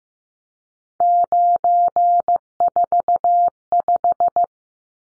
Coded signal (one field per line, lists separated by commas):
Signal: Morse code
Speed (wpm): 15 wpm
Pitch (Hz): 700 Hz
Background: none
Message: 945